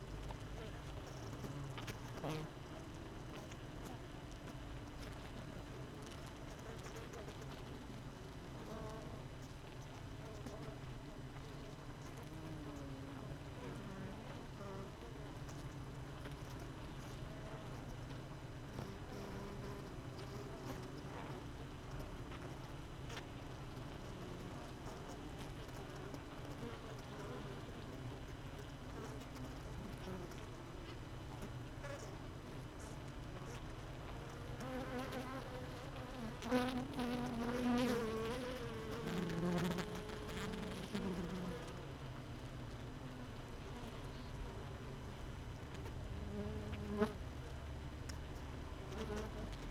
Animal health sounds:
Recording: honeybee colony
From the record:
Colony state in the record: missing queen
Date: 31 May 2018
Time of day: 16:30

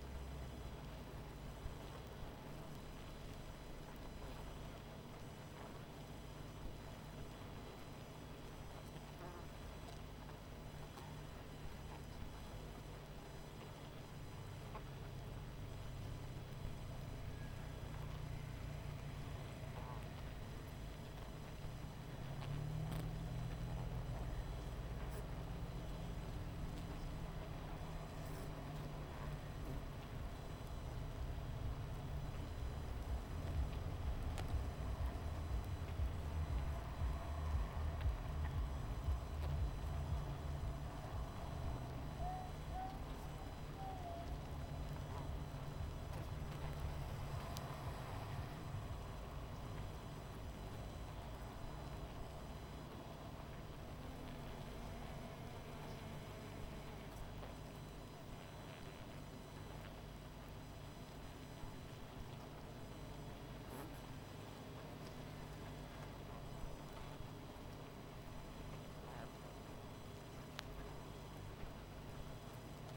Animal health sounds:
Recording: honeybee colony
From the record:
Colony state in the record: missing queen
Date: 14 July 2017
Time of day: 19:48

